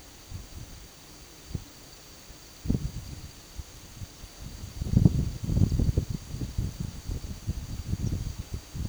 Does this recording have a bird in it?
no